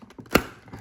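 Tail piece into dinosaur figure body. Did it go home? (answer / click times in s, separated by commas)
yes / 0.4 s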